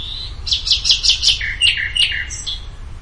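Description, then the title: Bird song: a quick run of bright chirps, then a few lower falling notes and a high closing note. "LuckyPassaro Completos2Sama"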